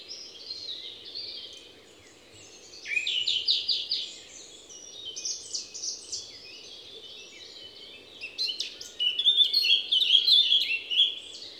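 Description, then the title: Song thrush singing varied phrases, some with rapid repeated notes, over a constant low background hum. Song thrush recorded at Envirhôna, Les Avenières Veyrins-Thuellin, France, with a Dodotronic stereo parabolic microphone and a Zoom H4n Pro recorder. "Envirhôna, Les Avenières Veyrins-Thuellin, France - Grive musicienne"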